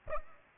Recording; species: mosquito wingbeat signal from an infrared sensor; Aedes albopictus